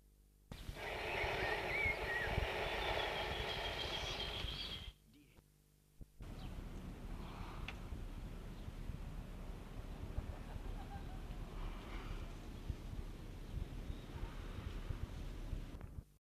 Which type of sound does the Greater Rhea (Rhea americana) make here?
hissing